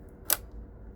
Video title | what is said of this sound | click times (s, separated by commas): How To BERNINA 1020 Sewing Machine Walk Around | then you can put your ring back up, click it into place | 0.3 s